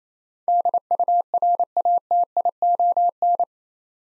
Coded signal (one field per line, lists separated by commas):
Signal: Morse code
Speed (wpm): 27 wpm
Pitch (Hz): 700 Hz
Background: none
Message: DURATION